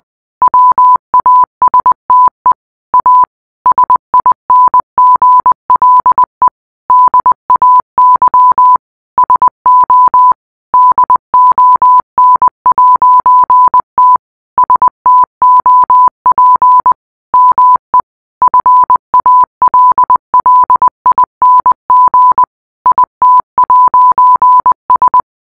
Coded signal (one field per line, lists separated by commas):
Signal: Morse code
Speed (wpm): 20 wpm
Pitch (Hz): 1000 Hz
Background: none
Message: WASTE A SINGLE DAY SO DON'T STOP ME FALLING IT'S